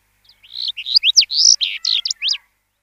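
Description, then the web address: House bunting singing a brisk run of bright, sweeping notes, alternating up- and down-slurs, delivered in one lively phrase of about two seconds. "Schulze Peter House Bunting"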